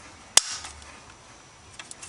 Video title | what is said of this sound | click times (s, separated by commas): Acura MDX 2003 Fuel Injectors Replacement | push on it hear the snap | 0.4 s